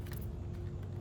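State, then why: Not seated. A small plastic visor mounting piece is being pushed down into its slot on a bike helmet shell, with a steady low hum and rumble throughout and a faint brief rustle near the start. Nothing has seated or clicked yet; the piece is still being handled.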